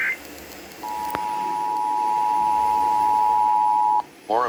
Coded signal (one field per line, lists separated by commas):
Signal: Emergency Alert System (SAME) tones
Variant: 853 and 960 Hz attention tone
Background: speech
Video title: Immediate Evacuations (EAS #1911-1912)